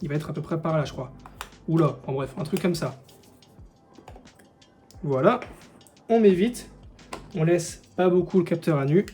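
A lens is lined up with the index dot on an FX6 cinema camera's lens mount after the body cap is removed, ready to be twisted home. Someone talks, with a pause of faint, quick handling taps around 3.4 to 4.6 seconds. Nothing has clicked or seated yet.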